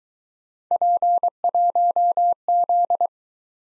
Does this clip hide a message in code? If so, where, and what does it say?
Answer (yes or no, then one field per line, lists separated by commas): yes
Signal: Morse code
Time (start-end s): 0.7-3.1 s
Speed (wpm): 22 wpm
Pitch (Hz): 700 Hz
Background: none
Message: P1Z